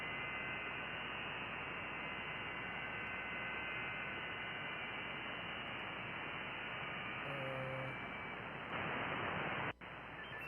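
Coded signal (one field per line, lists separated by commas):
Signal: FT8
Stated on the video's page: Live HF reception on a Yaesu FT-710 with a 136 ft end-fed half-wave antenna.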